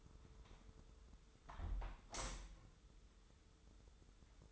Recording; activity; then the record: daily activity, microphone in the room; close window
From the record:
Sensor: 3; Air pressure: 995.7 hPa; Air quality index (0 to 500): 97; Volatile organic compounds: 14 ppm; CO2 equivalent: 2436 ppm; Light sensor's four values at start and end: 27/82/35/30 and 27/82/35/30